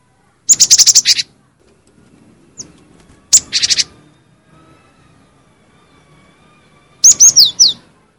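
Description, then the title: Cinereous tit: two harsh buzzy rattles, followed several seconds later by a quick phrase of sharp high downslurred notes. "G3latik b4t0 suara burung gelatik winko"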